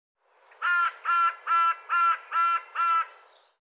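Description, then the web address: Bird giving six harsh, nasal caws in a steady series, each about a quarter second long and spaced roughly half a second apart, with no other sounds. "cianscape birddata Deverinetal 2025 File cleaned normalized Bird"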